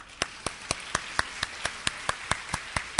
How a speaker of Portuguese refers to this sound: Este aplauso não é querendo que eles sejam expelidos, não. É que eles se convertam e parem de prejudicar tanto a coletividade.